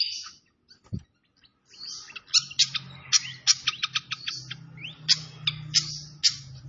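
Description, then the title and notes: Malaysian pied fantail song: rapid run of sharp, high chirps and squeaky notes after a quiet start, over a steady low hum and soft hiss. Masteran (training recording), clear-voiced fantail mixed with trickling water sounds. "Masteran Sikatan Kipas Suara Jernih Dan Suara Gemericik Air. Suara Burung Sikatan Londo"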